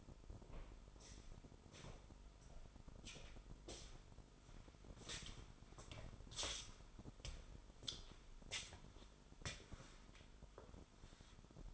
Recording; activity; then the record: daily activity, microphone in the room; walk to room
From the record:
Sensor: 5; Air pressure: 988.3 hPa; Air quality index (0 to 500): 194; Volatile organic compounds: 62 ppm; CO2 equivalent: 3442 ppm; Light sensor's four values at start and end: 48/144/56/60 and 47/133/53/59